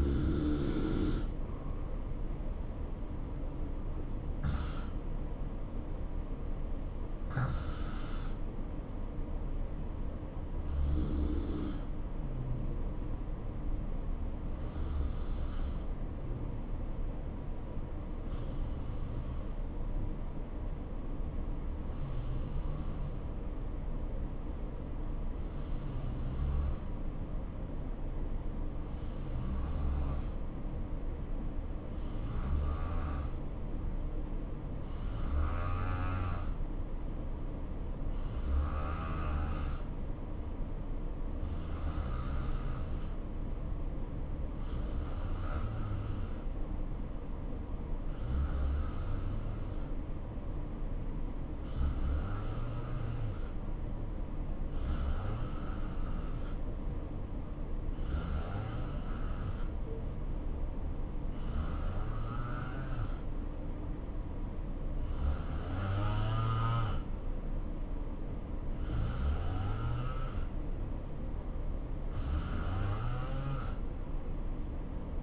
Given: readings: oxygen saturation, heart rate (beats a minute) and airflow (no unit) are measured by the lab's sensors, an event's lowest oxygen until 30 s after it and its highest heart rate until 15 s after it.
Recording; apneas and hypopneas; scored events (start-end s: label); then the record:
breathing in sleep by a smartphone at the bedside; 1
7.00-70.60 s: hypopnea (N2, oxygen 93% highest, then 87% lowest, heart rate 65 at the start, 68 highest)
From the record:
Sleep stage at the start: N2 (light sleep); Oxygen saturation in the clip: 87 to 93%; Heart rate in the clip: 61 to 68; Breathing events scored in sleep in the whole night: 277 in 7.4 hours asleep